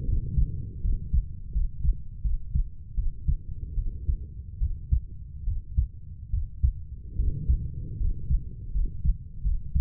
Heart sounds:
heart sounds by stethoscope; 77 bpm
0.05 s: heartbeat
0.81 s: heartbeat
1.52 s: heartbeat
2.22 s: heartbeat
2.95 s: heartbeat
3.75 s: heartbeat
4.59 s: heartbeat
5.44 s: heartbeat
6.30 s: heartbeat
7.16 s: heartbeat
7.98 s: heartbeat
8.72 s: heartbeat
9.42 s: heartbeat
From the record:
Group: healthy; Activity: rest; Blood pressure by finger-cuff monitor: 133/68 mmHg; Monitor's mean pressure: 85 mmHg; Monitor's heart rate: 72 bpm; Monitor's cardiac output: 7.1 L/min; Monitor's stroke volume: 98 mL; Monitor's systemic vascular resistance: 860 dyn s/cm5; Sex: female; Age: 32 years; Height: 168 cm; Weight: 61.9 kg

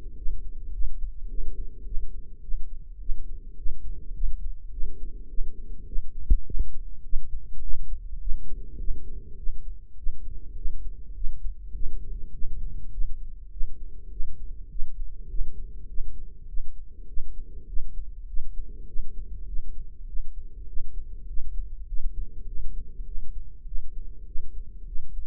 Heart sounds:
heart sounds by microphone in the right ear; 102 bpm
0.19 s: heartbeat
0.75 s: heartbeat
1.31 s: heartbeat
1.87 s: heartbeat
2.44 s: heartbeat
3.02 s: heartbeat
3.59 s: heartbeat
4.16 s: heartbeat
4.73 s: heartbeat
5.31 s: heartbeat
5.88 s: heartbeat
6.47 s: heartbeat
7.05 s: heartbeat
7.64 s: heartbeat
8.22 s: heartbeat
8.81 s: heartbeat
9.39 s: heartbeat
9.99 s: heartbeat
10.58 s: heartbeat
11.17 s: heartbeat
11.76 s: heartbeat
12.34 s: heartbeat
12.93 s: heartbeat
13.53 s: heartbeat
14.12 s: heartbeat
14.72 s: heartbeat
15.31 s: heartbeat
15.90 s: heartbeat
16.49 s: heartbeat
17.09 s: heartbeat
17.69 s: heartbeat
18.29 s: heartbeat
18.89 s: heartbeat
19.48 s: heartbeat
20.09 s: heartbeat
20.69 s: heartbeat
21.29 s: heartbeat
21.88 s: heartbeat
22.48 s: heartbeat
23.07 s: heartbeat
23.67 s: heartbeat
24.28 s: heartbeat
24.88 s: heartbeat
From the record:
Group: healthy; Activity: rest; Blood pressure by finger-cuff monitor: 110/58 mmHg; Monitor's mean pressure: 78 mmHg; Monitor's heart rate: 102 bpm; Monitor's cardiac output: 8.3 L/min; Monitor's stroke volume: 82 mL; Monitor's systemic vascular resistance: 670 dyn s/cm5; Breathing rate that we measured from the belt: 17 breaths a minute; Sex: female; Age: 43 years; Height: 160 cm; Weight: 90 kg

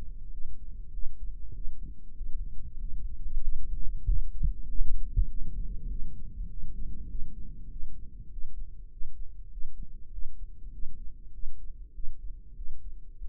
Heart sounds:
heart sounds by microphone in the right ear; 98 bpm
0.33 s: heartbeat
0.94 s: heartbeat
1.55 s: heartbeat
2.17 s: heartbeat
2.80 s: heartbeat
3.44 s: heartbeat
4.07 s: heartbeat
4.69 s: heartbeat
5.30 s: heartbeat
5.90 s: heartbeat
6.50 s: heartbeat
7.10 s: heartbeat
7.71 s: heartbeat
8.32 s: heartbeat
8.92 s: heartbeat
9.52 s: heartbeat
10.13 s: heartbeat
10.73 s: heartbeat
11.34 s: heartbeat
11.95 s: heartbeat
12.57 s: heartbeat
13.20 s: heartbeat
From the record:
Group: healthy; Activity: rest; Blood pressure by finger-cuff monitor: 152/85 mmHg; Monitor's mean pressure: 104 mmHg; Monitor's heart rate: 98 bpm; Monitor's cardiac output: 7.9 L/min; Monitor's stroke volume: 80 mL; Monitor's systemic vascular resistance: 950 dyn s/cm5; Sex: male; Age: 21 years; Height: 175 cm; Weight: 72.6 kg

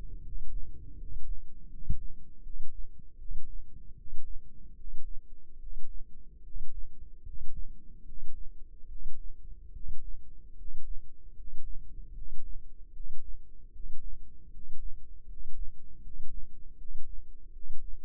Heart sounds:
heart sounds by microphone in the left ear; 76 bpm
0.20 s: heartbeat
0.95 s: heartbeat
1.68 s: heartbeat
2.41 s: heartbeat
3.16 s: heartbeat
3.94 s: heartbeat
4.74 s: heartbeat
5.57 s: heartbeat
6.41 s: heartbeat
7.22 s: heartbeat
8.03 s: heartbeat
8.86 s: heartbeat
9.71 s: heartbeat
10.54 s: heartbeat
11.33 s: heartbeat
12.12 s: heartbeat
12.91 s: heartbeat
13.70 s: heartbeat
14.49 s: heartbeat
15.25 s: heartbeat
16.00 s: heartbeat
16.76 s: heartbeat
17.51 s: heartbeat
From the record:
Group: healthy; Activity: rest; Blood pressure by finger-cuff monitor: 108/74 mmHg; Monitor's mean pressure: 81 mmHg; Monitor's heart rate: 75 bpm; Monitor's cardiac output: 5.9 L/min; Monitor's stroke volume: 79 mL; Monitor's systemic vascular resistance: 980 dyn s/cm5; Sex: male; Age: 35 years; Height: 180 cm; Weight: 86.9 kg

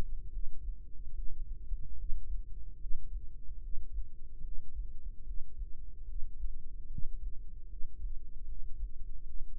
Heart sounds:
heart sounds by microphone in the right ear; 74 bpm
0.27 s: heartbeat
1.10 s: heartbeat
1.93 s: heartbeat
2.75 s: heartbeat
3.57 s: heartbeat
4.39 s: heartbeat
5.22 s: heartbeat
6.03 s: heartbeat
6.85 s: heartbeat
7.65 s: heartbeat
8.43 s: heartbeat
9.21 s: heartbeat
From the record:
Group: healthy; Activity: breath hold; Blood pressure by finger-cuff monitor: 100/63 mmHg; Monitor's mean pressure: 78 mmHg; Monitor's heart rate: 73 bpm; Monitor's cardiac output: 6 L/min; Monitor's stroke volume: 83 mL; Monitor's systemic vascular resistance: 910 dyn s/cm5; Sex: female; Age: 26 years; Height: 165 cm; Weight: 55 kg

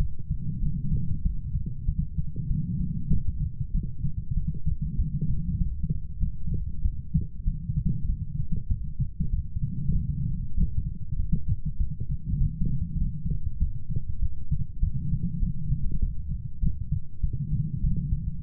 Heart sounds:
heart sounds by stethoscope; 98 bpm
0.60 s: heartbeat
1.22 s: heartbeat
1.85 s: heartbeat
2.47 s: heartbeat
3.10 s: heartbeat
3.71 s: heartbeat
4.34 s: heartbeat
4.96 s: heartbeat
5.58 s: heartbeat
6.19 s: heartbeat
6.82 s: heartbeat
7.44 s: heartbeat
8.06 s: heartbeat
8.68 s: heartbeat
9.30 s: heartbeat
9.92 s: heartbeat
10.54 s: heartbeat
11.16 s: heartbeat
11.77 s: heartbeat
12.38 s: heartbeat
12.98 s: heartbeat
13.59 s: heartbeat
14.19 s: heartbeat
14.79 s: heartbeat
15.39 s: heartbeat
16.00 s: heartbeat
16.60 s: heartbeat
17.20 s: heartbeat
17.81 s: heartbeat
18.41 s: heartbeat
From the record:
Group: healthy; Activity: light exercise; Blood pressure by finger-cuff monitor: 107/74 mmHg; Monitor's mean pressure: 85 mmHg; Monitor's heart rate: 97 bpm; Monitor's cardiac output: 7 L/min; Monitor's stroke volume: 72 mL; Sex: female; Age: 32 years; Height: 172 cm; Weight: 71.7 kg

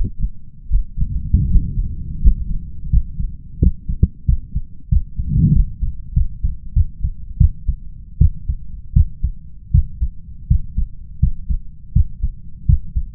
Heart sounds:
heart sounds by stethoscope; 85 bpm
0.68 s: heartbeat
1.48 s: heartbeat
2.20 s: heartbeat
2.89 s: heartbeat
3.58 s: heartbeat
4.25 s: heartbeat
4.88 s: heartbeat
5.52 s: heartbeat
6.13 s: heartbeat
6.73 s: heartbeat
7.37 s: heartbeat
8.18 s: heartbeat
8.93 s: heartbeat
9.71 s: heartbeat
10.47 s: heartbeat
11.19 s: heartbeat
11.92 s: heartbeat
12.65 s: heartbeat
From the record:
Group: healthy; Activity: rest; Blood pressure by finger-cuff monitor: 141/78 mmHg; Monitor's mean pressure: 99 mmHg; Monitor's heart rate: 83 bpm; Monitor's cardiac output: 7.5 L/min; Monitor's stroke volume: 85 mL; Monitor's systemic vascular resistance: 1020 dyn s/cm5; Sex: male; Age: 21 years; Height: 180 cm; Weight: 67.5 kg

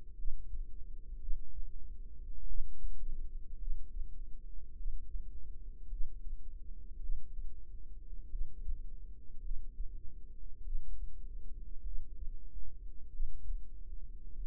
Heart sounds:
heart sounds by microphone in the right ear; 51 bpm
0.16 s: heartbeat
1.20 s: heartbeat
2.47 s: heartbeat
3.59 s: heartbeat
4.77 s: heartbeat
5.89 s: heartbeat
7.00 s: heartbeat
8.30 s: heartbeat
9.42 s: heartbeat
10.64 s: heartbeat
11.83 s: heartbeat
13.11 s: heartbeat
14.38 s: heartbeat
From the record:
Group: healthy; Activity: rest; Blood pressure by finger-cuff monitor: 103/60 mmHg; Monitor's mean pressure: 75 mmHg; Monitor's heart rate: 53 bpm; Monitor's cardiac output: 4.9 L/min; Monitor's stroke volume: 96 mL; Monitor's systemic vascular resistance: 1080 dyn s/cm5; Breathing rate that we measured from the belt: 20 breaths a minute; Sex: female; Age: 28 years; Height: 170 cm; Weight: 77 kg

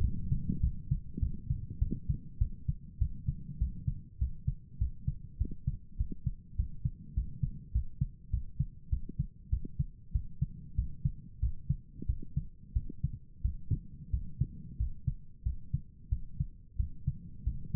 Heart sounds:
heart sounds by stethoscope; 96 bpm
0.01 s: heartbeat
0.60 s: heartbeat
1.19 s: heartbeat
1.79 s: heartbeat
2.38 s: heartbeat
2.98 s: heartbeat
3.58 s: heartbeat
4.18 s: heartbeat
4.78 s: heartbeat
5.38 s: heartbeat
5.97 s: heartbeat
6.56 s: heartbeat
7.14 s: heartbeat
7.72 s: heartbeat
8.30 s: heartbeat
8.89 s: heartbeat
9.49 s: heartbeat
10.12 s: heartbeat
10.75 s: heartbeat
11.39 s: heartbeat
12.06 s: heartbeat
12.73 s: heartbeat
13.42 s: heartbeat
14.10 s: heartbeat
14.77 s: heartbeat
15.43 s: heartbeat
16.09 s: heartbeat
16.76 s: heartbeat
17.43 s: heartbeat
From the record:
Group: healthy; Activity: rest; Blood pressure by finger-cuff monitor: 103/68 mmHg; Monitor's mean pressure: 78 mmHg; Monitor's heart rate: 100 bpm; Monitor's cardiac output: 7.7 L/min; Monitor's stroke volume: 80 mL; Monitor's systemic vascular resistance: 740 dyn s/cm5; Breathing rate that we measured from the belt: 17 breaths a minute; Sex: male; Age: 19 years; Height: 178 cm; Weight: 83 kg

